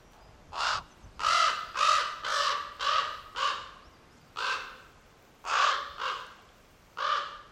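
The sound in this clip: Raven calls: hoarse, grating caws given in short runs and pairs, separated by brief pauses, over quiet background.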